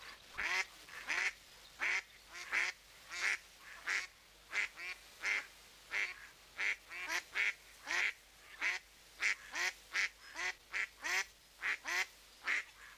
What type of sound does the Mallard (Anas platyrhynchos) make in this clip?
call